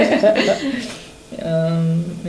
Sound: laughs

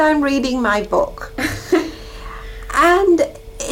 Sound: laughs

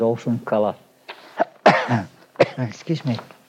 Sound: coughs

